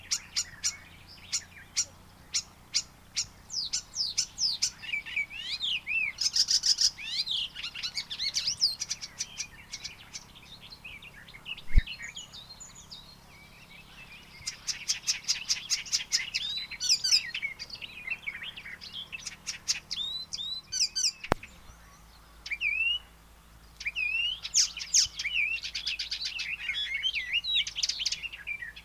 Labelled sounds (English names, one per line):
Icterine Warbler song